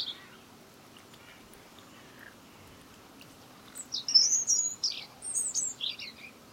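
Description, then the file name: European robin song: after several seconds of quiet, a burst of high, thin, rapidly changing twittering phrases with short gaps between them, over faint background hiss. "Erithacus rubecula"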